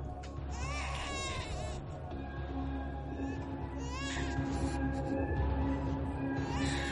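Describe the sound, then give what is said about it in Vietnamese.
An infant wails hard in long, high-pitched bursts that rise and fall, with brief pauses between cries, over a steady low background hum. “Tiếng đứa trẻ con vẫn khóc ngặt nghẽo vang lên.”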